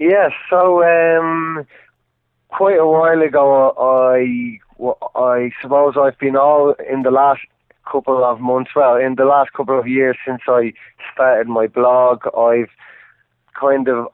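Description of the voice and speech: An adult man from Dublin, Ireland, who stutters, speaks with prolonged sounds, drawn-out fillers and pauses, consistent with mild stuttering.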